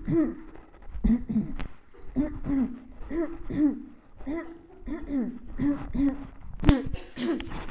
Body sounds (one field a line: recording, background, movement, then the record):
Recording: throat clearing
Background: a bystander coughing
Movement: walking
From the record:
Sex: female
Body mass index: 21.8 kg/m2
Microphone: on the chest, facing the body